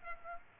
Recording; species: mosquito wingbeat signal from an infrared sensor; Aedes aegypti